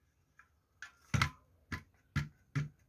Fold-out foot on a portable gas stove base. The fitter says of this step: snap into place